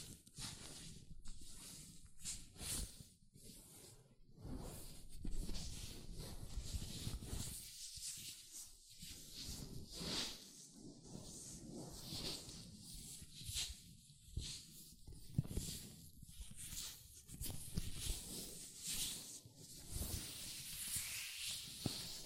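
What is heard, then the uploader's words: Latex gloves rub and squeak against hands in irregular bursts, with rustly, hissing friction sounds and short gaps throughout. ASMR Latex Gloves Hand Sounds (No Talking).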